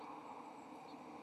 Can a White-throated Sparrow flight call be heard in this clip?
no